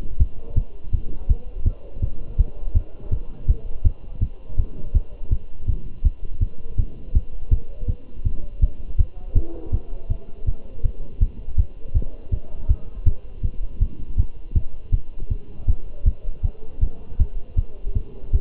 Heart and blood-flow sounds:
heart sounds by stethoscope; between the tricuspid and mitral areas; 162 bpm
0.21 s: heartbeat
0.57 s: heartbeat
0.94 s: heartbeat
1.30 s: heartbeat
1.67 s: heartbeat
2.03 s: heartbeat
2.39 s: heartbeat
2.76 s: heartbeat
3.13 s: heartbeat
3.49 s: heartbeat
3.86 s: heartbeat
4.22 s: heartbeat
4.59 s: heartbeat
4.95 s: heartbeat
5.32 s: heartbeat
5.69 s: heartbeat
6.05 s: heartbeat
6.42 s: heartbeat
6.79 s: heartbeat
7.15 s: heartbeat
7.52 s: heartbeat
7.89 s: heartbeat
8.26 s: heartbeat
8.62 s: heartbeat
9.00 s: heartbeat
9.37 s: heartbeat
9.74 s: heartbeat
10.11 s: heartbeat
10.48 s: heartbeat
10.85 s: heartbeat
11.22 s: heartbeat
11.59 s: heartbeat
11.96 s: heartbeat
12.33 s: heartbeat
12.70 s: heartbeat
13.07 s: heartbeat
13.45 s: heartbeat
13.82 s: heartbeat
14.19 s: heartbeat
14.56 s: heartbeat
14.94 s: heartbeat
15.31 s: heartbeat
15.69 s: heartbeat
16.07 s: heartbeat
16.45 s: heartbeat
16.82 s: heartbeat
17.20 s: heartbeat
17.58 s: heartbeat
17.96 s: heartbeat
18.34 s: heartbeat
From the record:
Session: Bruce protocol treadmill stress test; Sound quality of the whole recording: good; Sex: male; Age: 27 years

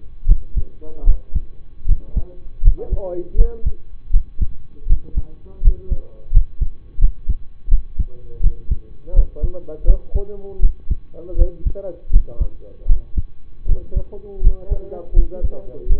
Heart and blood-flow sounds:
heart sounds by stethoscope; between the tricuspid and mitral areas; 81 bpm
0.26 s: heartbeat
1.04 s: heartbeat
1.86 s: heartbeat
2.62 s: heartbeat
3.35 s: heartbeat
4.11 s: heartbeat
4.87 s: heartbeat
5.61 s: heartbeat
6.31 s: heartbeat
6.99 s: heartbeat
7.69 s: heartbeat
8.41 s: heartbeat
9.13 s: heartbeat
9.85 s: heartbeat
10.60 s: heartbeat
11.36 s: heartbeat
12.10 s: heartbeat
12.87 s: heartbeat
13.66 s: heartbeat
14.41 s: heartbeat
15.13 s: heartbeat
15.87 s: heartbeat
From the record:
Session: rest, lying down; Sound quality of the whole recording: partially saturated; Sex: male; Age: 25 years

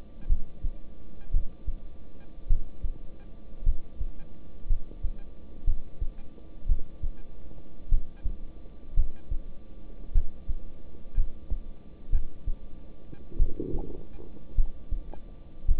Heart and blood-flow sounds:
heart sounds by stethoscope; between the tricuspid and mitral areas; 55 bpm
0.27 s: heartbeat
1.31 s: heartbeat
2.47 s: heartbeat
3.64 s: heartbeat
4.67 s: heartbeat
5.65 s: heartbeat
6.67 s: heartbeat
7.89 s: heartbeat
8.94 s: heartbeat
10.12 s: heartbeat
11.15 s: heartbeat
12.10 s: heartbeat
13.37 s: heartbeat
14.55 s: heartbeat
15.66 s: heartbeat
From the record:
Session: rest, lying down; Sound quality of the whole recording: good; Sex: male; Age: 26 years

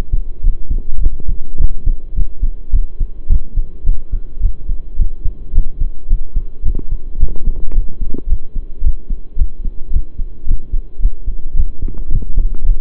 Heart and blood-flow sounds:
heart sounds by stethoscope; between the tricuspid and mitral areas; 108 bpm
0.42 s: heartbeat
1.00 s: heartbeat
1.58 s: heartbeat
2.15 s: heartbeat
2.72 s: heartbeat
3.29 s: heartbeat
3.85 s: heartbeat
4.41 s: heartbeat
4.98 s: heartbeat
5.54 s: heartbeat
6.09 s: heartbeat
6.64 s: heartbeat
7.19 s: heartbeat
7.73 s: heartbeat
8.28 s: heartbeat
8.82 s: heartbeat
9.37 s: heartbeat
9.91 s: heartbeat
10.46 s: heartbeat
11.00 s: heartbeat
11.55 s: heartbeat
12.10 s: heartbeat
12.64 s: heartbeat
From the record:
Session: pedaling a stationary bicycle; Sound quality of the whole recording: saturated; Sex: male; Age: 23 years

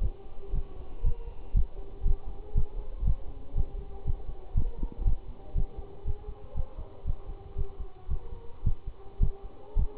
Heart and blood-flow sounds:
heart sounds by stethoscope; between the tricuspid and mitral areas; 117 bpm
0.02 s: heartbeat
0.54 s: heartbeat
1.05 s: heartbeat
1.55 s: heartbeat
2.06 s: heartbeat
2.56 s: heartbeat
3.06 s: heartbeat
3.56 s: heartbeat
4.06 s: heartbeat
4.56 s: heartbeat
5.06 s: heartbeat
5.56 s: heartbeat
6.06 s: heartbeat
6.56 s: heartbeat
7.06 s: heartbeat
7.57 s: heartbeat
8.09 s: heartbeat
8.65 s: heartbeat
9.21 s: heartbeat
9.77 s: heartbeat
From the record:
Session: Bruce protocol treadmill stress test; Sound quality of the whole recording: good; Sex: male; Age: 25 years

